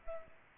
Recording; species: mosquito wingbeat signal from an infrared sensor; Aedes aegypti